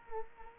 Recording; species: mosquito wingbeat signal from an infrared sensor; Culex quinquefasciatus